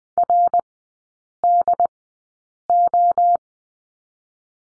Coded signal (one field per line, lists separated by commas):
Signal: Morse code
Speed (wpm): 20 wpm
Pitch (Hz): 700 Hz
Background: none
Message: RDO